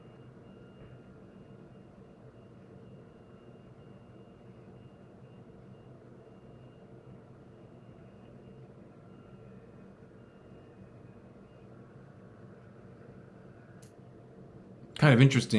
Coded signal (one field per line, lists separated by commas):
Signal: FT8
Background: speech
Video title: Real time FT8 Session (AKA Watching Paint Dry) #3 - Can we climb the band ladder?